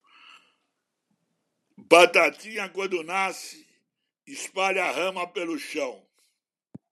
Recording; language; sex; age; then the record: short text; Brazilian Portuguese; male; 70 to 79 years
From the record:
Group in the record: control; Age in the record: 74 years